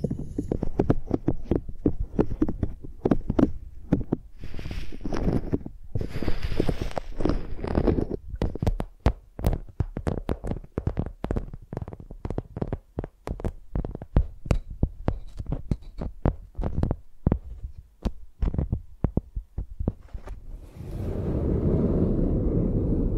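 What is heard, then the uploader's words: Microphones are used like pencils, making rapid, irregular tapping and scratching clicks throughout, ending with a steadier low rumbling rub after twenty seconds. ASMR Using Mics as Pencils (No Talking).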